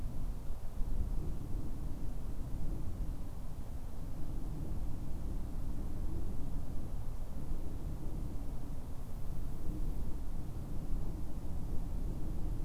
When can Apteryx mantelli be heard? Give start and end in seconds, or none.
none